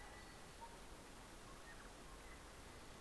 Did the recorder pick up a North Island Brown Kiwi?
no